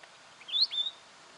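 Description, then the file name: Weebill song: a short high whistled phrase, a soft lead-in note, then a rising whistle and a second level, drawn-out whistle, over faint steady background hiss. "canto do gerigono de bico curto"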